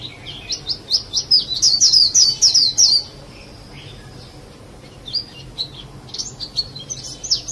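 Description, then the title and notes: Bird song with a fast run of high chirping notes, a pause, then scattered sharper chirps over a low background hum. "Bird Sound. Kicau Burung Lengkap"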